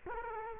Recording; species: mosquito wingbeat signal from an infrared sensor; Culex quinquefasciatus